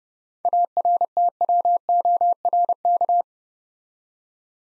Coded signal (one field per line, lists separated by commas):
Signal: Morse code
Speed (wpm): 30 wpm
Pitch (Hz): 700 Hz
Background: none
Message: ARTWORK